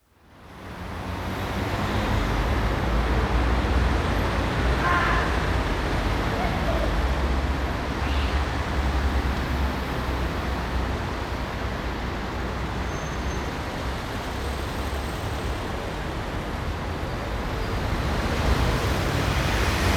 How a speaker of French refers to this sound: Sous l'autopont, un effet de voûte réverbère les sons du rez-de-chaussée et les amplifie. Mais on n'entend plus le trafic du dessus.